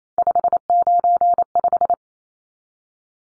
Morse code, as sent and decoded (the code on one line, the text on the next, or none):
..... ----. .....
595